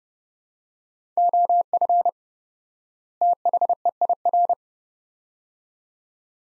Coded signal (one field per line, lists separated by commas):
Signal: Morse code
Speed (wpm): 31 wpm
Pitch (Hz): 700 Hz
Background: none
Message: OF THEIR